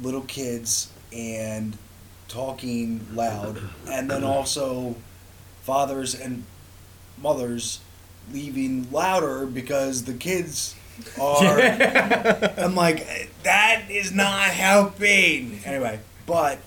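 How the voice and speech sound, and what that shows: A man talks in short bursts broken by pauses of up to almost a second, with a long drawn-out filler and an odd word choice ("leaving louder"). This halting, effortful phrasing with word-finding slips fits mild aphasia in an adult stroke or traumatic brain injury survivor.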